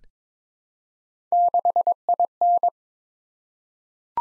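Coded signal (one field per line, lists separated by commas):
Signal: Morse code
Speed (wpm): 22 wpm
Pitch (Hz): 700 Hz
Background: none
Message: 6IN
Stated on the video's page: Head-copy drill of random three-character letter-number groups at 22 wpm, each sent in Morse, spoken, then sent again.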